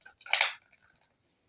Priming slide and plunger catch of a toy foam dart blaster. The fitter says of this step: faut tirer comme ça et comme vous entendez le clic